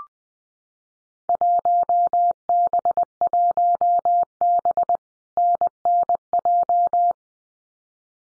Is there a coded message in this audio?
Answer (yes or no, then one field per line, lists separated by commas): yes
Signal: Morse code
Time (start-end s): 1.3-7.1 s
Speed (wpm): 20 wpm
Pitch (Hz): 700 Hz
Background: none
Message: 1B1B NNJ